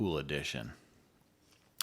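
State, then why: Seated. Someone talks, then after a short quiet stretch a sharp click at 1.8 s marks a sharpening stone, the ceramic piece for serrated knives from the Work Sharp Precision Adjust upgrade kit, being pressed into its holder on the knife sharpener. The stone snaps in and is seated.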